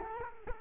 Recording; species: mosquito wingbeat signal from an infrared sensor; Culex quinquefasciatus